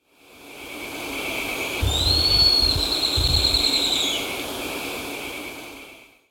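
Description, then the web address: Black-streaked puffbird call: one thin, high whistle that rises sharply, then holds level with a slight waver for about two and a half seconds over a steady insect drone and low rumble. Ecuador. "Natures Songs S America Birds of Ecuador. Black-Streaked Puffbird"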